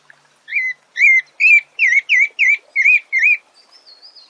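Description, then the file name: Pale-breasted thrush song of eight looping whistled notes in a fast even run, followed by faint high twittering. "Canto do Sabia barranco"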